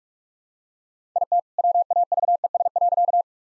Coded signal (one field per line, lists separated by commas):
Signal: Morse code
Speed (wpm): 41 wpm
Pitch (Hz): 700 Hz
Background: none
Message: IT WAVES.